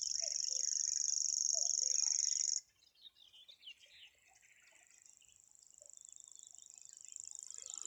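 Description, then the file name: Common grasshopper warbler, high sustained reeling trill that breaks off after two and a half seconds, leaving scattered bird chirps, then returns softly and grows again. "reti tucsokmadar hangja"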